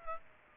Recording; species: mosquito wingbeat signal from an infrared sensor; Aedes aegypti